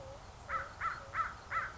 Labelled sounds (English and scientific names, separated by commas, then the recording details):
American Crow (Corvus brachyrhynchos)
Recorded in Sonoma County, California